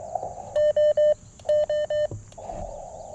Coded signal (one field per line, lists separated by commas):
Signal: none